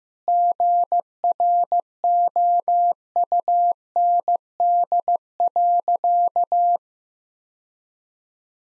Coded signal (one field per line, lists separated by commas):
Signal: Morse code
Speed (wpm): 15 wpm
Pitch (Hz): 700 Hz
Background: none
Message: GROUND.